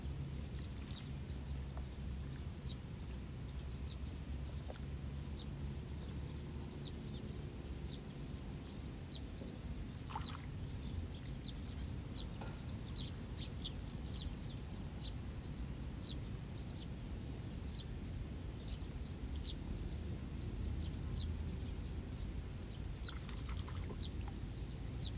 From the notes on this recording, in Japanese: 田んぼの水面の音、賑やかに鳴き続けるスズメ、時折聞こえるカエルの声。